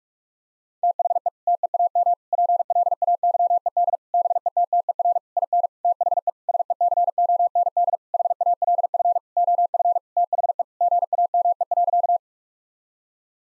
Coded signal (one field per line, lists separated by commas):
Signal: Morse code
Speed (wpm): 46 wpm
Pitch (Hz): 700 Hz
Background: none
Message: THE TEAM PLAYED BETTER IN THE SECOND HALF OF THE GAME.